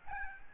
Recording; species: mosquito wingbeat signal from an infrared sensor; Aedes albopictus